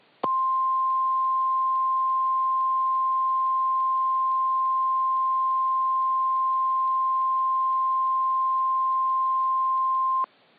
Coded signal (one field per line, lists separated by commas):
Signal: Emergency Alert System (SAME) tones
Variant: 1050 Hz attention tone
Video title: Hawaii Hurricane (EAS Scenario)